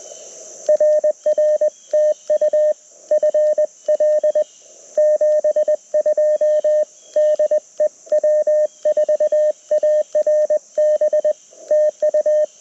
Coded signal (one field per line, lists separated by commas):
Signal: Morse code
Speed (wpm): 20 wpm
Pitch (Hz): 1800 Hz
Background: radio noise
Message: RR TU FL 72 DE W4ARB TU